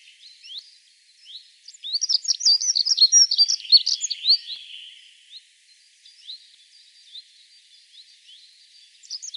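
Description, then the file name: Dunnock song: a quick, high, scratchy warble lasting about two and a half seconds, with faint, thin notes before and after it. Recorded on 24 April 2013. "24 04 2013 Heckenbraunelle"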